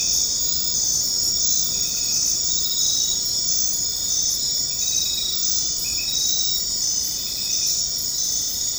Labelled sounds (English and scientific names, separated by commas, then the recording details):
none
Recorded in dense forest near Puerto Asís, Putumayo, Colombia, on 4 March 2025 at 22:00
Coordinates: 0.500, -76.322
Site GP06